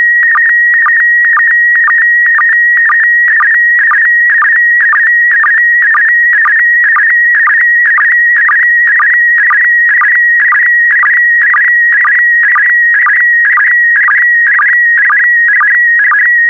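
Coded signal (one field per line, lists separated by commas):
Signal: SSTV (slow-scan television)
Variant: PD120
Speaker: complete. You can now check your decoded image against the picture that is shown on the video.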